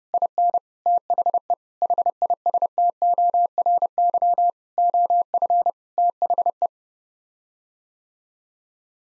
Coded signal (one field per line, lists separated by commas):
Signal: Morse code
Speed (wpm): 30 wpm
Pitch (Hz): 700 Hz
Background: none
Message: IN THE HISTORY OF THE